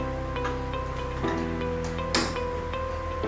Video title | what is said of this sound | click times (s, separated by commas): Bahan Ajar LKP Saraswati Program PKW Tahun 2022 | terdengar bunyi klik Setelah | 2.1 s